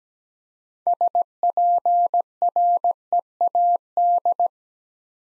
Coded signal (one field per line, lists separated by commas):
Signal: Morse code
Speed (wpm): 17 wpm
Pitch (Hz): 700 Hz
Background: none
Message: SPREAD